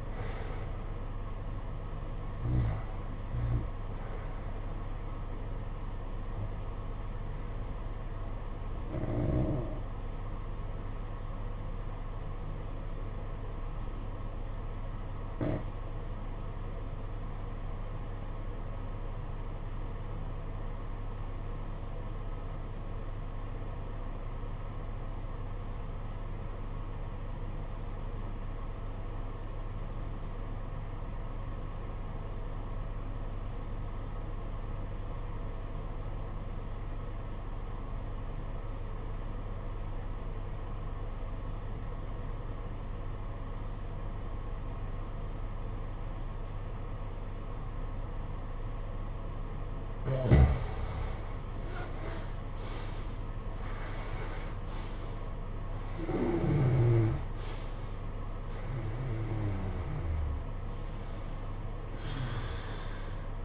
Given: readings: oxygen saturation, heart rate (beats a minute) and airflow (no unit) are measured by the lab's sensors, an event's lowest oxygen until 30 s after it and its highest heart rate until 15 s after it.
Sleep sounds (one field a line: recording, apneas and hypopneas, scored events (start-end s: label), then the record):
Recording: breathing in sleep by a smartphone at the bedside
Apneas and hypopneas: 1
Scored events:
9.00-51.40 s: obstructive apnea (REM, oxygen 95% highest, then 68% lowest, heart rate 65 at the start, 95 highest)
From the record:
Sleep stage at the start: REM sleep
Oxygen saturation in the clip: 68 to 95%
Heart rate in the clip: 59 to 95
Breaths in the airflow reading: 6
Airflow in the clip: -13.0 to 14.7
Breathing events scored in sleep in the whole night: 476 in 9.7 hours asleep